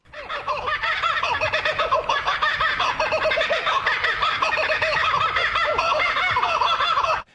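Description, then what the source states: Kookaburra giving a loud, continuous chuckling and cackling call of rapid notes for about seven seconds. Played back on radio; call described as quite repetitious.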